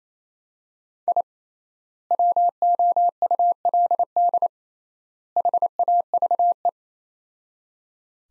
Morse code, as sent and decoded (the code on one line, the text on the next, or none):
.. / .-- --- ..- .-.. -.. / .... .- ...- .
I WOULD HAVE